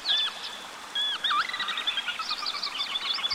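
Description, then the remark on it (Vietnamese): A bird chirps and warbles in quick, high-pitched bursts as it flaps its wings and flies off, with a short pause before a busier stretch of twittering notes; no one speaks. “nói rồi chim vỗ cánh bay đi.”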